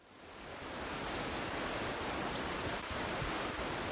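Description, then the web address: Metallic-green tanager giving a few very high, thin, sharp call notes over steady background hiss. Recorded in Ecuador. "Natures Songs S America Birds of Ecuador. Metallic-Green Tanager"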